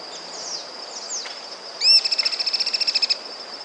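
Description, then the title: Cliff flycatcher song: a sharp rising note followed by a rapid, high, pulsed trill lasting about a second, over a steady high-pitched whine and faint chirps. Subspecies sclateri. "LuckyPassaro Completos2Sama. Cliff Flycatcher (Hirundinea ferruginea sclateri)"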